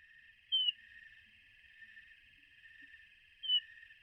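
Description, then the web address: Hermit Thrush giving two short, thin down-slurred call notes about three seconds apart, over a steady high drone. A flock of Hermit Thrushes, a common western species of North America. "Songs of Birds of North America Know Your Bird Sounds Common Western Species 32 e-Hermit Thrush Flock"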